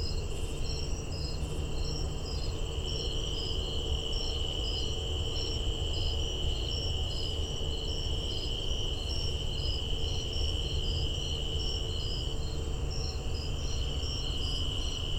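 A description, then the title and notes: A tree cricket trills steadily and high-pitched throughout, with other insects chirping in quick repeating pulses over a low, constant rumble. Tree Cricket recorded near Visitor Center of Patuxent Research Refuge. Temperature about 82 degrees. Fostex FR-2, Sennheiser ME62, Telinga Parabola. Edited in Audacity: fade in/out.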